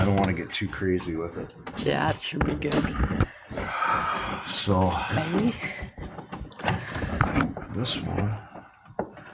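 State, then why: Not seated. Someone talks while handling a plastic wiring harness connector at a vehicle module socket on a 2014 Suburban, chasing a U0102 communication code, with a few short, sharp handling sounds between about 6.2 and 9.0 seconds. The connector has not seated or clicked yet.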